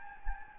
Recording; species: mosquito wingbeat signal from an infrared sensor; Anopheles gambiae